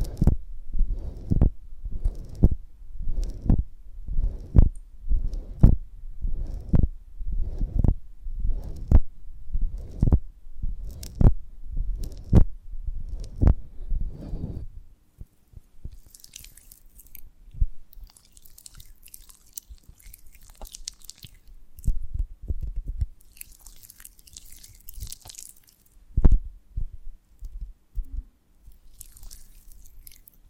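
Honeycomb being chewed with steady, rhythmic crunching bites for fifteen seconds, then quieter sticky crackles and soft smacks with occasional louder bites.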